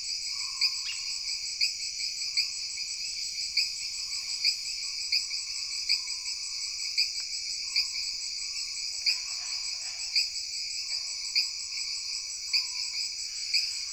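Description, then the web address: Jungle insects keep up an unbroken high whining chorus, with crisp chirps recurring regularly and intermittent lower wavering notes. Jungle background ambience of an insect chorus. "Sony Creative Software Sony Pictures Sound Effects Series Volumes 1-10 Volume 2 Backgrounds Jungle Insects With Frogs"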